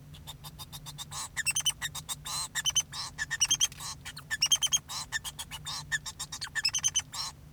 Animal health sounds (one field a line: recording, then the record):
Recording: song of a male Bengalese finch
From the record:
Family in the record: son of father 2